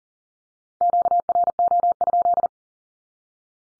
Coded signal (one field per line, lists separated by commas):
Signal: Morse code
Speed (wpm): 38 wpm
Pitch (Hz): 700 Hz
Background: none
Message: QRO?